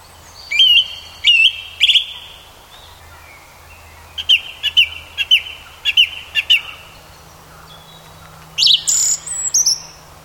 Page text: Song Thrush singing at dusk with other bird songs in the background.